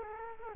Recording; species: mosquito wingbeat signal from an infrared sensor; Culex quinquefasciatus